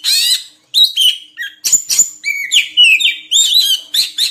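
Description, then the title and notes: Oriental magpie-robin song: a rapid, varied run of whistled slurs, trills and harsh chattering notes, mostly high-pitched, with brief pauses between phrases. Long-duration song recording intended for training caged birds to sing actively day and night. "Kacer Jadi Gacor Siang Malam. Isian Kacer Durasi Panjang"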